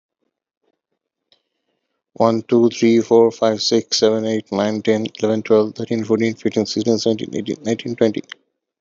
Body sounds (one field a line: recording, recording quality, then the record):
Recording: counting at a fast pace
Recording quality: excellent, no background noise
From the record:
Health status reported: healthy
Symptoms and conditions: none ticked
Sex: male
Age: 40 years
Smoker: yes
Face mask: not worn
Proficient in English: yes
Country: India